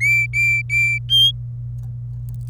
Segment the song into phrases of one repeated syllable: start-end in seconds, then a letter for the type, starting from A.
0.00-0.98 A, 1.09-1.31 B